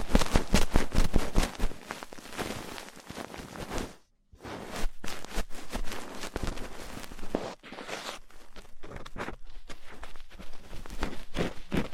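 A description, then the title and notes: Rough ear cleaning: rapid, scratchy rubbing and scraping strokes come in dense, irregular bursts, hissy and bright. The sound cuts out completely for a moment around four seconds, dips briefly again before eight seconds, then resumes with a choppier, stop-start scratching. ASMR Rough Ear Cleaning (No Talking).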